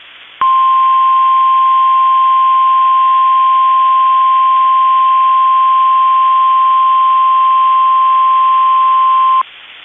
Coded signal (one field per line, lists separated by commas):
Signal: Emergency Alert System (SAME) tones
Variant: 1050 Hz attention tone